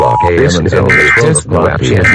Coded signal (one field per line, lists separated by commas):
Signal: Emergency Alert System (SAME) tones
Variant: end-of-message bursts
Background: speech